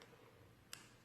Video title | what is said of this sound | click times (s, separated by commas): LimeLight by Alcone's Botanical Foundation Demo | it's like this it's magnetic so it clicks right in there it | 0.0 s, 0.7 s